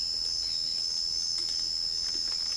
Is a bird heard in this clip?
no